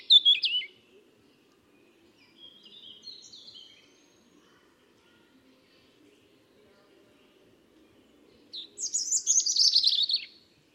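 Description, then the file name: European robin song in short phrases: a brief high phrase at the start, a faint soft twitter, then a long pause before a richer, rapid tumbling phrase. "Erithacus rubecula"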